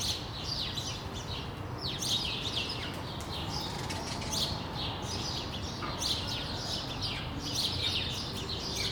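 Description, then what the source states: Sparrows chirping in scattered bursts, some notes faint, over broad background rumble. Sparrows on Rue de l'épargne, Brussels, Belgium, recorded on World Sparrow Day with Lom mikroUši AB microphones into a Deity PR-2 recorder.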